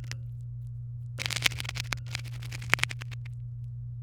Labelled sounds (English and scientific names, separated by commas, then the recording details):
Domestic Canary (Serinus canaria) song
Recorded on 23 April 2018 at 17:56
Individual llb3